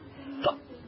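One short, sharp voiced hiccup from an adult woman in a quiet room: an ordinary involuntary spasm, not loud, part of a bout of hiccups that has gone on since she got to work.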